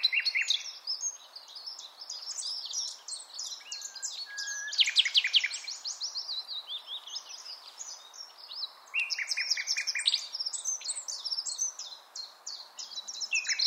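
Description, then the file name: Common nightingale song: varied fast phrases of chirps, trills and rapid repeated notes, with brief pauses between bursts. "Luscinia megarhynchos"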